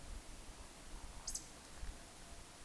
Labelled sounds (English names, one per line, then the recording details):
Eurasian Woodcock whistle
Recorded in Baden-Württemberg, Germany, on 26 May 2020 at 19:58 UTC
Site 45304, 487 m above sea level